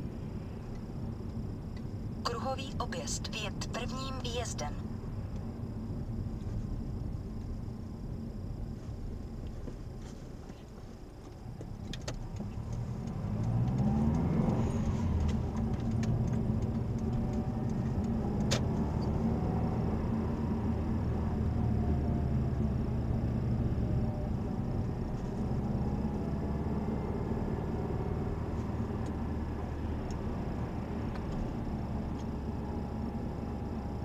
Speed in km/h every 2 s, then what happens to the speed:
17, 17, 17, 14, 4, 5, 14, 23, 27, 33, 32, 27, 28, 32, 32, 30, 29.
4-10 slows to 5. 10-18 speeds up to 33. 18-22 slows to 27. 22-34 steady at about 29.